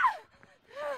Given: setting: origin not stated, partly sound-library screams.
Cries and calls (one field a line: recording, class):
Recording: one-second piece from a danger detection set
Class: woman in danger